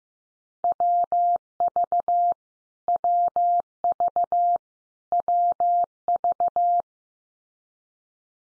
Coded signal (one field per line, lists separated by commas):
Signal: Morse code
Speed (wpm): 15 wpm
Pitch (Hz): 700 Hz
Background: none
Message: WV WV WV